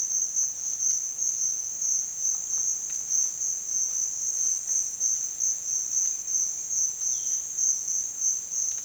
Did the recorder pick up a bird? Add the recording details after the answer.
no. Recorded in dense forest near Puerto Asís, Putumayo, Colombia, on 27 June 2025 at 11:30. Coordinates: 0.468, -76.322. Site GP03